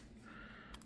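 The small latch on the watertight battery compartment of a Brinyte HC01 headlamp is flicked open so the case can be opened and the battery removed. Over a quiet background hiss, two short, sharp clicks sound at 0.7 s and 0.8 s, and the latch is released.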